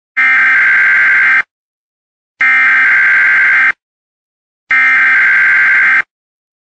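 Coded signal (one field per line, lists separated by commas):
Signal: Emergency Alert System (SAME) tones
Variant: header bursts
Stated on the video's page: Simulated tsunami warning scenario for the South Pacific following a hypothetical strong earthquake.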